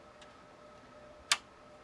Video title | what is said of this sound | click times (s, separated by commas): 18. Desktop Assemble | by putting a little bit of pressure in you hear it click like this you've | 1.3 s